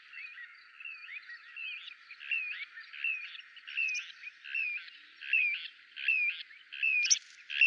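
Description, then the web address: Little ringed plover uttering repeated burry notes that rise and fall, starting soft and becoming louder, roughly one every second. "kleine plevier"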